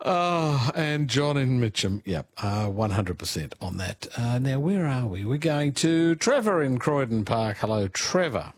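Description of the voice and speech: Clear, fluent adult male speech at a relaxed pace, with a lively radio-host style and ordinary voice quality.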